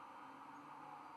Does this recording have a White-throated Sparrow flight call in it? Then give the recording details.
no. No flight call is heard. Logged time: 01:38 on 24 November 2014